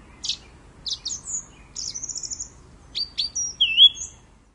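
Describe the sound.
Thrush song: a quick string of varied high phrases, sharp whistled notes, a trilled rattle and a slurred whistle, with short gaps between phrases.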